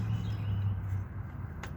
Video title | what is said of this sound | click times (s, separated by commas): My 03 Lincoln Town Car 4g to 6g alternator swap!!! | There we go. That's not going anywhere. Got that snapped in. | 1.6 s